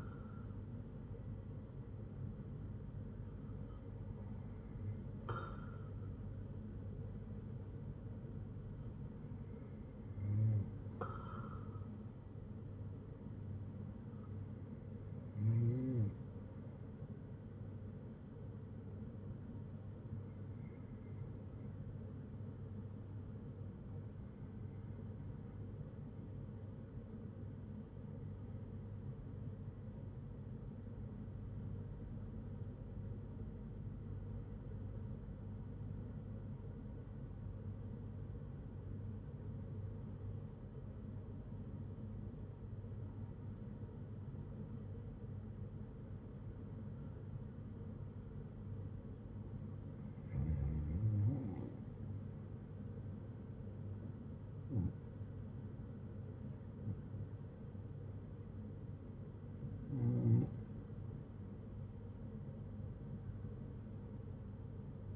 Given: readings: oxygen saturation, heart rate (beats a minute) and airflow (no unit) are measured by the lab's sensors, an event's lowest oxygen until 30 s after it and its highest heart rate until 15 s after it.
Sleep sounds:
breathing in sleep by a smartphone at the bedside; 1
18.00-65.16 s: new sleep stage, REM sleep
27.00-52.20 s: hypopnea (REM, oxygen 97% highest, then 84% lowest, heart rate 58 at the start, 65 highest)
From the record:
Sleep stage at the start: N2 (light sleep); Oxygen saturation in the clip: 91 to 97%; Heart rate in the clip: 56 to 67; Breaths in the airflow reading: 14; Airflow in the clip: -6.5 to 4.8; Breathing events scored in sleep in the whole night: 182 in 7.4 hours asleep

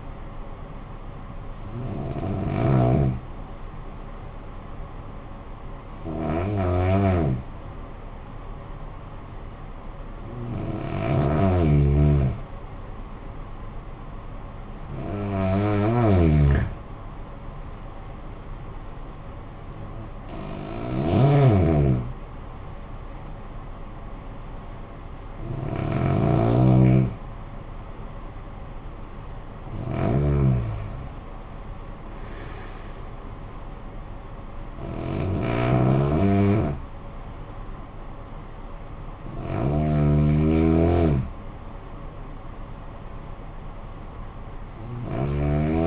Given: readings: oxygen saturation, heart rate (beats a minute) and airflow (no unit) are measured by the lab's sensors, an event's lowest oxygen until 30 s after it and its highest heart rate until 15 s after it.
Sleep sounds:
breathing in sleep by a smartphone at the bedside; 1
8.00-28.00 s: hypopnea (N1, oxygen 97% highest, then 93% lowest, heart rate 55 at the start, 65 highest)
33.00-45.87 s: new sleep stage, N2 (light sleep)
From the record:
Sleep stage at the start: N1 (lightest sleep); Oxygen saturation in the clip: 88 to 97%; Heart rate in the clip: 49 to 65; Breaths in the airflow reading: 9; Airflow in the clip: -10.0 to 11.0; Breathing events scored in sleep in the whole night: 445 in 7.6 hours asleep

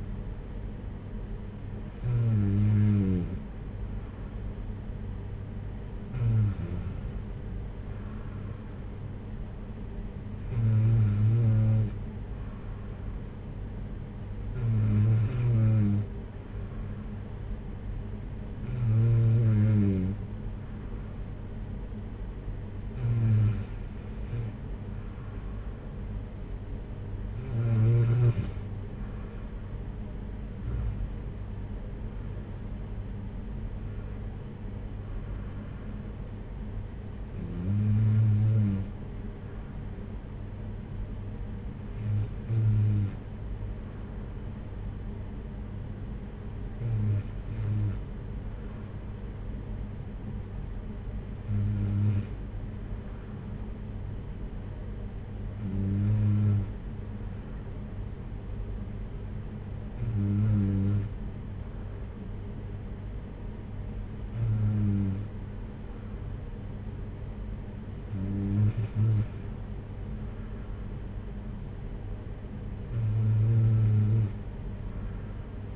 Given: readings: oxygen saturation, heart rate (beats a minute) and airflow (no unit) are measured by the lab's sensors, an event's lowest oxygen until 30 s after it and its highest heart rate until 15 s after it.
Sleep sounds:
breathing in sleep by a smartphone at the bedside; 1
17.00-32.60 s: hypopnea (N2, oxygen 94% highest, then 94% lowest, heart rate 54 at the start, 62 highest)
25.00-55.00 s: new sleep stage, N1 (lightest sleep)
55.00-75.75 s: new sleep stage, N2 (light sleep)
From the record:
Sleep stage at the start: N2 (light sleep); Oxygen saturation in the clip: 93 to 95%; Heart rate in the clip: 51 to 62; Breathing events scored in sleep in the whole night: 226 in 8.8 hours asleep

